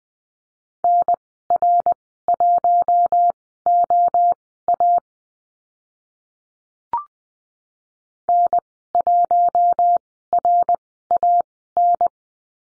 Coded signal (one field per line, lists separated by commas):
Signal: Morse code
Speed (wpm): 20 wpm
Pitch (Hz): 700 Hz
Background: none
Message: NR1OA N1RAN